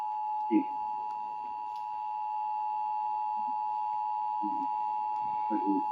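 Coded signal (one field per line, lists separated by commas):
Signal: Emergency Alert System (SAME) tones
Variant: 853 and 960 Hz attention tone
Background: speech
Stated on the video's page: Mock alert.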